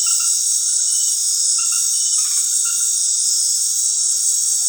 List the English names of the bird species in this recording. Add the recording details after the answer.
none. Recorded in dense forest near Puerto Asís, Putumayo, Colombia, on 19 February 2024 at 19:00. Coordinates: 0.502, -76.326. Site G6460